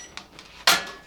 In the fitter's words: See that click? You hear that click?